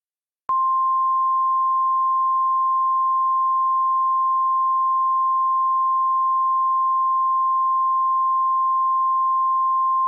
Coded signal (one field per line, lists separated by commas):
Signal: Emergency Alert System (SAME) tones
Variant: 1050 Hz attention tone